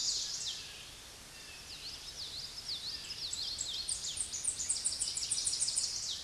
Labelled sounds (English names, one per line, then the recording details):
Tennessee Warbler song
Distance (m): 15 m
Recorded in a Pennsylvania forest on 16 May 2024 at 09:05
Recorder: AudioMoth, point MSD-2443
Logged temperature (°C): 16.4 °C
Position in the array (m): 164 m, 182 m